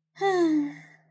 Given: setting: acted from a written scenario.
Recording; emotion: vocal sound without words; contentment